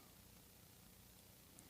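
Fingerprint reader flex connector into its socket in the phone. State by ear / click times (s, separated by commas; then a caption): not seated / none. An iPhone 5S fingerprint reader flex connector is handled and pressed toward its socket inside the phone during a Lightning port replacement. A steady low hiss fills the clip, with a brief faint high tick near 1.6 seconds. The connector has not yet seated or clicked into place.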